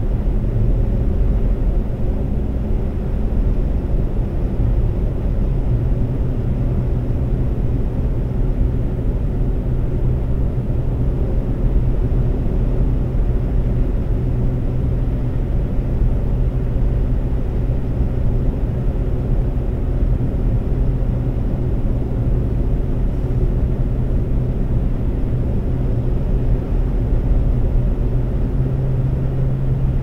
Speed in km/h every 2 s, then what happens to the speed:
132, 132, 130, 132, 132, 132, 132, 132, 132, 132, 132, 132, 132, 132, 132.
0-30 steady at about 132.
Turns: none.